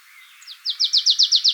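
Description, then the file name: Marsh tit calls, a quick series of about eight bright, buzzy notes, repeated evenly and growing louder after a couple of softer opening notes. "Poecile palustris"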